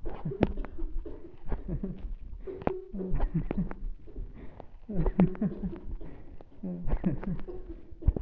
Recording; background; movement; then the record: laughter; a bystander coughing; sitting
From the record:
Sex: male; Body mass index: 20.5 kg/m2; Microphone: on the chest, facing the body